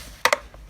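A plastic part is pushed back down onto the body of a Dyson SV03 stick vacuum during reassembly and latches into place. Two sharp clicks are heard at 0.3 s and 0.3 s, then a faint tap at 0.5 s, confirming the part has seated all the way through.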